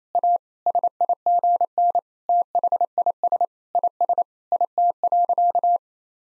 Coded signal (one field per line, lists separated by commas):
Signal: Morse code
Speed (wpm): 28 wpm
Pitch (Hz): 700 Hz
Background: none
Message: A SIGN THIS IS IT.